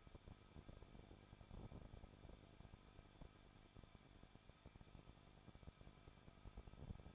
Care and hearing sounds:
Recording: daily activity, microphone in the room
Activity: no activity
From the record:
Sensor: 5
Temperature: 20.7 degrees Celsius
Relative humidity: 38.6%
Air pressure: 1006.5 hPa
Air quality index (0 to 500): 192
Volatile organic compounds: 21 ppm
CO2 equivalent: 2710 ppm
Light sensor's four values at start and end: 2/3/1/1 and 2/3/1/1

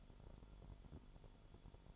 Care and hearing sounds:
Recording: daily activity, microphone in the room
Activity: light off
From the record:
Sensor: 5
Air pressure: 1008.0 hPa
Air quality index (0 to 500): 105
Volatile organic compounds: 1 ppm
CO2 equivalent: 816 ppm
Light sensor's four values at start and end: 34/79/32/32 and 34/79/32/32

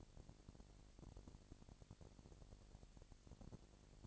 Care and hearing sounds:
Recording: daily activity, microphone in the room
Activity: no activity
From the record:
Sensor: 5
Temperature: 20.1 degrees Celsius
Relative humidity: 38.2%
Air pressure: 998.9 hPa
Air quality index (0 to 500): 218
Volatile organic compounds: 24 ppm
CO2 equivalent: 2811 ppm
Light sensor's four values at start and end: 2/3/1/1 and 2/3/1/1

